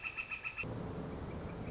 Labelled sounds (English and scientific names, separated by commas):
Northern Flicker (Colaptes auratus)